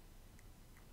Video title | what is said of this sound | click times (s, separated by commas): 3D Printed LED WorkBench Lighting Mounts with a Snap | it fit really good snap two snapped in place and this thing is holding really well | 0.4 s